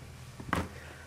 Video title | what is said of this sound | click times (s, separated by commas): CISF REVIEWS: Tokyo Marui Glock 17 3rd gen. (part 1 of 2) | slides in smoothly Clicks in place | 0.5 s